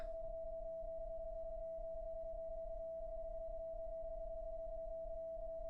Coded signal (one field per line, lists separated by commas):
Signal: PSK31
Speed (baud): 31.25 baud